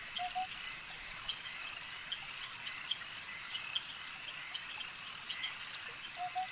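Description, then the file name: Swarming insects drone steadily at a high pitch with scattered ticks; a couple of soft lower notes appear near the start and end. "Elijah Wagner - Relaxing Insect Swarm Ambience"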